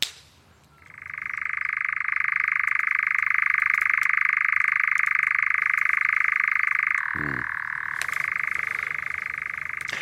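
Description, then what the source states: European nightjar churring: a long, even, mechanical trill held without a break for about six seconds, then dipping lower and resuming steadily to the end. Close-up recording of the churring played on air, not the presenter's own; churring is a territorial call, attracting a mate and defending territory from competing males.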